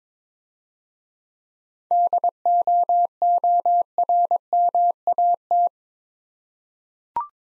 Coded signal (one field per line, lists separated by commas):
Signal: Morse code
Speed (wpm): 23 wpm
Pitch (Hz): 700 Hz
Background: none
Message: DOORMAT